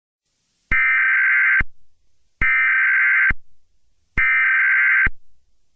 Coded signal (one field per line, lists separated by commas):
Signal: Emergency Alert System (SAME) tones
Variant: header bursts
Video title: Taylor Swift Infection The EAS Scenario (#103)